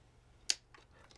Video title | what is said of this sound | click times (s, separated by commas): Canon R6 II - Quick Start Guide & How-To Use Camera | there you go it just clicked so that is the lens lock clicking | 0.5 s